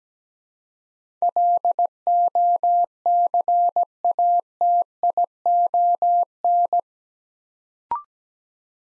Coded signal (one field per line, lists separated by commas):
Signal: Morse code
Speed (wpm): 17 wpm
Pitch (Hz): 700 Hz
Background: none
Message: LOCATION